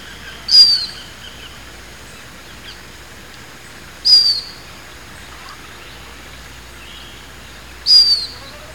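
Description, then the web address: Bird calls: three brief, high, slightly falling chirps spaced roughly three and a half seconds apart, with steady faint hiss between them. "BIRD 2015 SABIOD"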